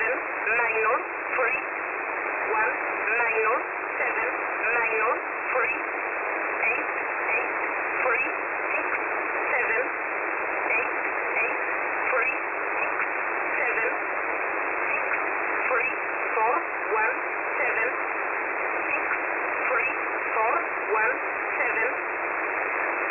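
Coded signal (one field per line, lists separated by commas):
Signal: numbers station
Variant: E11a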